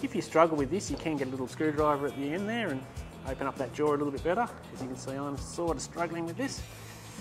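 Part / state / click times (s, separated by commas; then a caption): negative power contact into Anderson connector housing / not seated / none. A negative-side power contact is being pushed by hand into an Anderson connector housing, a firm fit that takes some struggling, while someone talks throughout. No distinct click is heard, and the contact has not seated yet when the clip ends.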